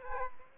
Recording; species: mosquito wingbeat signal from an infrared sensor; Aedes aegypti